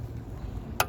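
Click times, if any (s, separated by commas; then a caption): 0.8 s. A click-type torque wrench set to about 28 tightens an oil drain plug over low, steady background rumble. At 0.8 s a single sharp, loud click sounds as the wrench breaks over at its setting, showing the drain plug is tight.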